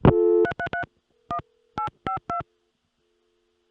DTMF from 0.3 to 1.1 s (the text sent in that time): 333